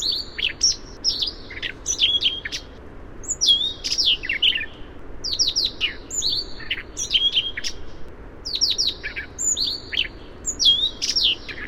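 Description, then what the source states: Siberian rubythroat song: busy, varied sequence of high sweet whistles mixed with harsh scratchy notes, barely pausing, over steady background noise. Song variation.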